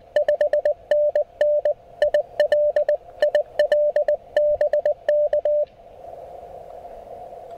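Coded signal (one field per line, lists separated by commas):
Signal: Morse code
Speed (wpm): 20 wpm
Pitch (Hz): 600 Hz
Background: radio noise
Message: 5NN IL IL BK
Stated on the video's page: QRP Morse from a park activation with an Elecraft KX1 and end-fed half-wave antenna, on 20, 30 and 40 meters.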